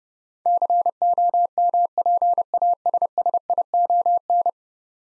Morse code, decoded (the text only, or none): COMPASSION